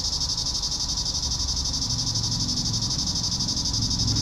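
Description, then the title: Cicada drone, high and steady with a slight rapid pulsing, over a low hum that grows a little in the second half. "neoscenes: cicadas"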